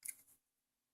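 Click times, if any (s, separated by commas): none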